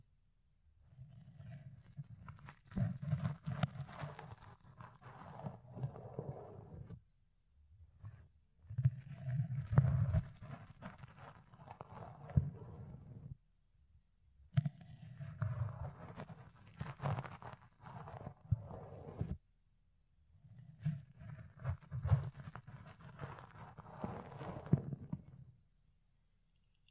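Fluffy ear cleaning: soft brushing and rubbing strokes come in four bursts of about five seconds each, with short silent gaps between. The sound is mostly low and muffled, dotted with crisp scratchy clicks and crackles that rise higher in pitch.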